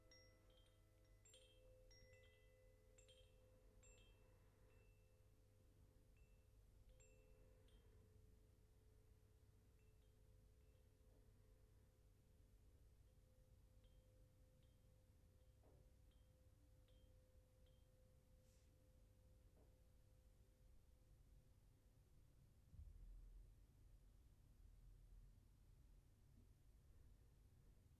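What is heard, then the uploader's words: A crystal bowl holds a steady, sustained tone over a constant low rumble. Bright, tinkling chime-like strikes cluster in the first eight seconds, then thin to a few scattered pings, with a soft low thump around twenty-three seconds. This is a Crystal bowl healing sound bath by the wonderful Uschi Classen. The beautiful healing tones from the chakra tuned bowls create a serene and sacred environment.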